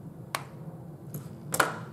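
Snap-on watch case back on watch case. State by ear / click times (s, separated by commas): released / 0.3 s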